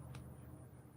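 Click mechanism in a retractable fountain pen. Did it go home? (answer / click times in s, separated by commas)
yes / 0.2 s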